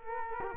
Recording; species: mosquito wingbeat signal from an infrared sensor; Culex quinquefasciatus